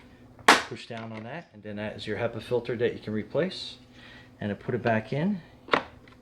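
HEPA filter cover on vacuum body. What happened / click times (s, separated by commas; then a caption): The plastic cover latch popped open / 0.5 s. On a Shark ZU62 Navigator Zero-M Self-Cleaning Brushroll Pet Pro Upright Vacuum in Pewter Grey Metallic, the marked spot on the HEPA filter cover on the vacuum body is pressed down, and the plastic cover pops open with a sharp click at 0.5 s, releasing the filter cover latch. Someone talks throughout, and another brief sharp snap is heard near 5.7 s.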